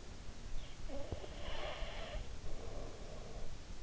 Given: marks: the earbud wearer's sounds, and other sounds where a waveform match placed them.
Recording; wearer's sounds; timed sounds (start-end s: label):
sounds in sleep by an in-ear microphone; breath
0.50-3.75 s: breath